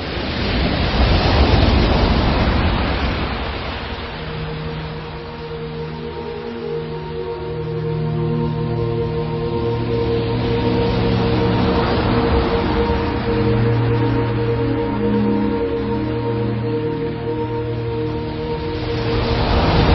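Roaring wind and crashing sea waves make a steady, loud rush that swells in surges, with a low, sustained musical drone humming underneath throughout.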